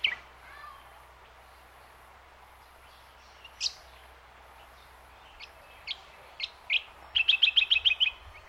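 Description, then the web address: Bird calls, sparse at first: scattered single high chirps and a brief rising note, ending in a rapid run of about eight chirps, with faint background hiss. Ambience recorded at Yandina Botanic Gardens. "Sound Effects-Foundation 1 AMBIENCE YANDINA BOTANIC GARDENS BIRDS"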